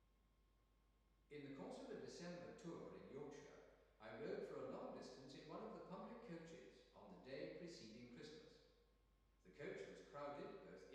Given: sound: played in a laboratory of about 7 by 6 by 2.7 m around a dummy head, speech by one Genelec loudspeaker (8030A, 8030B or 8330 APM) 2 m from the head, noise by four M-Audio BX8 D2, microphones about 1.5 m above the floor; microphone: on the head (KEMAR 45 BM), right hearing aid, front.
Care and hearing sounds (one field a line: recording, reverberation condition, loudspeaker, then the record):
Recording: male speech in English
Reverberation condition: high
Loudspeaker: 30 degrees to the left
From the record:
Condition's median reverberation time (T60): about 1300 ms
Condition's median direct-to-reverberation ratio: about -4.0 dB